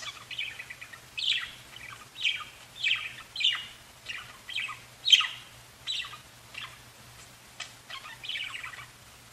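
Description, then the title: Budgerigar chirps, a steady series of many short downslurred scratchy notes over a low steady hum. "Budgie Sounds"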